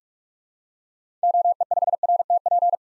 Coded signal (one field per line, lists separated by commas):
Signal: Morse code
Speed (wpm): 46 wpm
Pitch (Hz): 700 Hz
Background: none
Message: OE5RTP